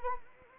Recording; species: mosquito wingbeat signal from an infrared sensor; Anopheles arabiensis